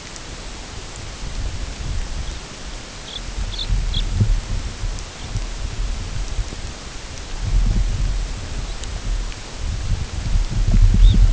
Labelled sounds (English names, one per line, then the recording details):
unidentified sound
Red Phalarope
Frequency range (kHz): Red Phalarope 2.8-4.3 kHz
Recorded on Arctic tundra, site UTQI-8, on 16 June 2019
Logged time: 00:00